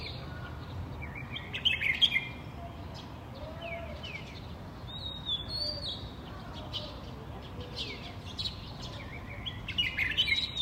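Several birds chirp and twitter over a steady low rumble, with brighter bursts of song near two and ten seconds into the early morning.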